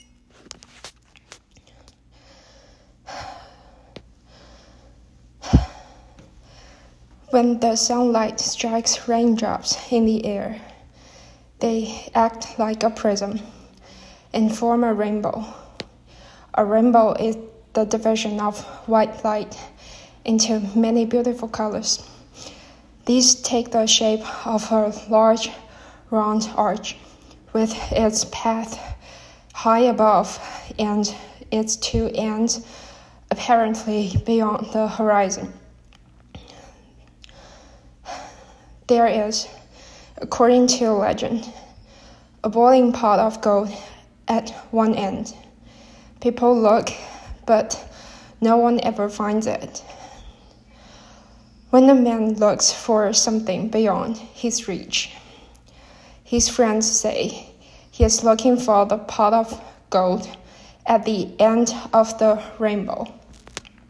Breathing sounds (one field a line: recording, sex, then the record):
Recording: reading aloud after running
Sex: female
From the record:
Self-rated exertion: moderate exertion (3 of 6)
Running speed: 7 miles an hour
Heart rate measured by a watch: 105 beats a minute at the start, 89 at the end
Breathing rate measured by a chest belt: 23 breaths a minute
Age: 24 years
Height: 163 cm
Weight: 52 kg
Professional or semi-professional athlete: no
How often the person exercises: 1 to 2 times a week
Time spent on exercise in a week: under 1 hour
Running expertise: no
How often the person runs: 1 to 2 times a week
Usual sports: interval training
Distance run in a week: 5 km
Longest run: 3 km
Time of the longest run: 30 minutes